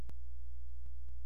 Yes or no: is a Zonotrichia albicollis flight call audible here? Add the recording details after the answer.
no. No flight call is heard. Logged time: 00:14 on 16 September 2014